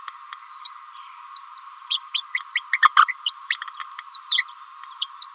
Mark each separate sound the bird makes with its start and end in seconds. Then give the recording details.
0.65-0.71, 0.97-1.01, 1.57-1.68, 1.90-1.99, 2.14-2.23, 2.55-2.62, 2.72-2.80, 2.81-2.90, 2.96-3.06, 3.07-3.14, 3.26-3.33, 3.50-3.57, 4.13-4.19, 4.30-4.44, 5.01-5.07, 5.21-5.27. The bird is a female. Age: 29 days. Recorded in a nest box in Venezuela. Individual 17B31A3